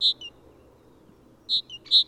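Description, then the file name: Great tit giving three short, clear two-part notes, high then slightly lower, with a long gap after the first. "Parus major"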